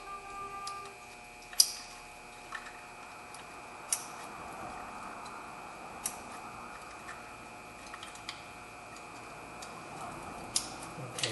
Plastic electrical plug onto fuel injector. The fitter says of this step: we're going to plug our injectors back on and we'll get them snap in place a little